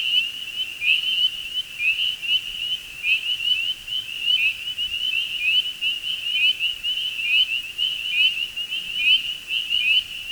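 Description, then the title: Spring peepers giving a dense chorus of bright, rising whistled peeps, layered so closely they form an unbroken high-pitched ring. Chorus in early spring; a persistent drone of delicate whistle-like peeping. "Spring Peepers and two other frog species calling in early spring"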